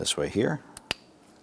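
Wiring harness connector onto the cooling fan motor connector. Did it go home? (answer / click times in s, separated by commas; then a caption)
yes / 0.9 s. Someone talks while the wiring harness connector is slid onto the plastic connector of a new radiator cooling fan on a 1992-1996 Toyota Camry 2.2L I4. A sharp snap at 0.9 s marks the connector locking into place, and it is seated.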